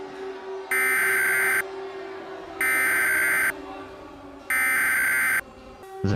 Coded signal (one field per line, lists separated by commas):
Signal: Emergency Alert System (SAME) tones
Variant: header bursts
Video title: The Community Behind the Emergency Alert System